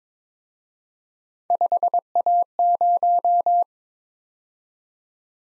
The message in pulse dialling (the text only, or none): none